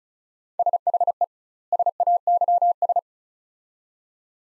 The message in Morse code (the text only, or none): SHE SAYS